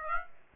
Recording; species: mosquito wingbeat signal from an infrared sensor; Aedes aegypti